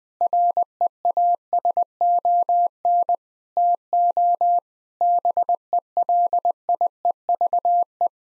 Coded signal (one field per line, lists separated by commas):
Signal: Morse code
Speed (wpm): 21 wpm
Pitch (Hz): 700 Hz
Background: none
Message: REASON TO BELIEVE